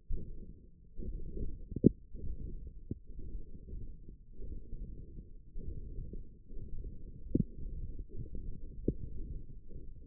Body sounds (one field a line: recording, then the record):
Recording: forearm muscle sounds (acoustic myography)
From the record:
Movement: hand closing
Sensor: system 1, eight BSWA MPA416 microphones around the upper forearm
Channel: 7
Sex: male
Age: 23 years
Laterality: right